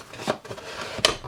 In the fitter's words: our QR system that's it's as simple as that it just goes on clicks